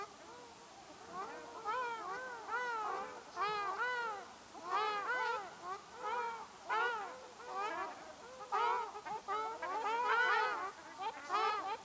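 Ruddy shelduck giving loud nasal honks in quick runs, several birds calling together in a noisy group chorus.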